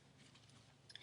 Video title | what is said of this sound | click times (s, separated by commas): PCV TEST | And you just close this. Make sure it clicks. | 1.0 s